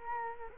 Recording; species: mosquito wingbeat signal from an infrared sensor; Culex quinquefasciatus